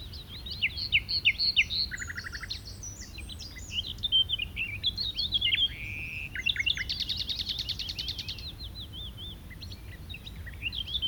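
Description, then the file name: Common nightingale singing varied phrases of sharp whistles, chirps and clicks, with a fast buzzy trill midway and quick repeated notes, over a low steady background rumble. "Luscinia megarhynchos"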